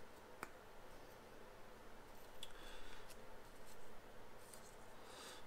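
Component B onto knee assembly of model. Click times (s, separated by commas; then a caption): 0.4 s. Component B is pushed over a hole on the knee assembly of a model until it clicks at 0.4 s, then quieter handling and rustling follow. The component is seated and secure.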